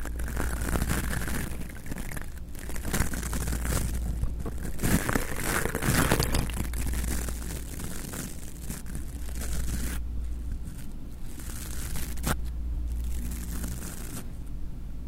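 Objects rubbed and moved against a microphone make continuous crinkling, scraping handling noise over a steady low hum, with sharper clicks near 5, 6 and 12 seconds.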